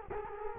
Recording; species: mosquito wingbeat signal from an infrared sensor; Culex quinquefasciatus